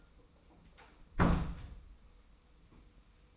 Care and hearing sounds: daily activity, microphone in the room; close door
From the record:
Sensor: 1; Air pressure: 990.5 hPa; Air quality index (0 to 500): 152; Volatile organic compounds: 1000 ppm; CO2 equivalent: 5516 ppm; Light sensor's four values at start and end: 33/74/32/34 and 33/75/32/35

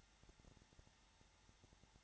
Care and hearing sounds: daily activity, microphone in the room; no activity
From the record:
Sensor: 3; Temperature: 21.3 degrees Celsius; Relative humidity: 33.3%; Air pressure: 994.5 hPa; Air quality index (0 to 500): 168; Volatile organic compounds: 3 ppm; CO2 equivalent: 1459 ppm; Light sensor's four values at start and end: 2/3/2/2 and 2/3/2/2

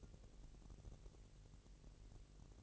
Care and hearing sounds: daily activity, microphone in the room; take from stove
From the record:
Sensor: 4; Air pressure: 1002.9 hPa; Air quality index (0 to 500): 246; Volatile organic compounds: 11 ppm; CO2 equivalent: 2304 ppm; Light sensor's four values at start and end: 8/18/7/7 and 8/18/7/7

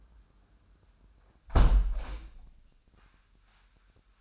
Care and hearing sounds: daily activity, microphone in the room; close window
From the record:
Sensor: 2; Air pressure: 998.4 hPa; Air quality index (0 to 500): 134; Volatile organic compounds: 3 ppm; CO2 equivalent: 1525 ppm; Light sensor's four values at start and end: 7/16/7/7 and 6/15/6/7

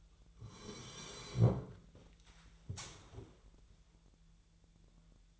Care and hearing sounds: daily activity, microphone in the room; sit down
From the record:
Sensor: 3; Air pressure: 1001.9 hPa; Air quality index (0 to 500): 249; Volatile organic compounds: 131 ppm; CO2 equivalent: 3933 ppm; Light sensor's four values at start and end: 10/24/10/10 and 8/18/8/8

